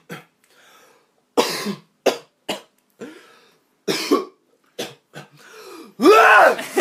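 About nine short, forceful throat bursts like coughs and gags build up to a loud, drawn-out, strained voiced heave at the end: a man's deliberate imitation of his own severe retching, at its real loudness, which he compares to the force of a hammer throw. Such dry gagging can follow several coughs or smoking right after waking.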